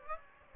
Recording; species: mosquito wingbeat signal from an infrared sensor; Aedes aegypti